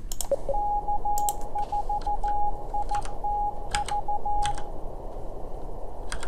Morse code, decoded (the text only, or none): K4ITV